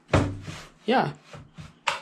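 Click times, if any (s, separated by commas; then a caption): 1.9 s. Someone talks as the seat post of a MYX exercise bike is lifted, and its spring-loaded pop pin snaps into a height hole with a short, sharp tick at 1.9 s. The pin locks the seat post in position.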